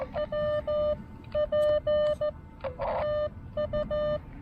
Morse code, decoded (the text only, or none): WP TU